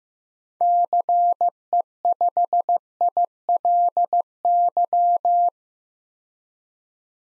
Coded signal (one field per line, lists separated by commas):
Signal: Morse code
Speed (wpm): 16 wpm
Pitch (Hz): 700 Hz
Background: none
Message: CE5ILY